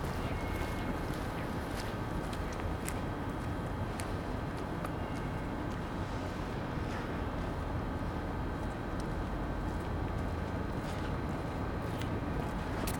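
Early morning on a cold station platform: a steady, dense low rumble like an idling engine holds throughout at an even level, with a faint thin hum above it. Sharp clicks and light clanks break through every second or two.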